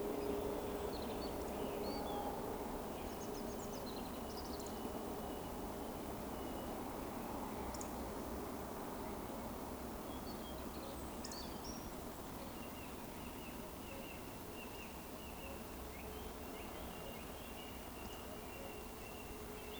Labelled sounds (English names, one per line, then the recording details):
Eurasian Woodcock
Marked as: woodcock, woodcock, woodcock, woodcock, woodcock
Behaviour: display flight
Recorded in Baden-Württemberg, Germany, on 16 June 2020 at 19:39 UTC
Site 14569, 102 m above sea level